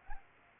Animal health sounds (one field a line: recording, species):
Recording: mosquito wingbeat signal from an infrared sensor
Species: Anopheles gambiae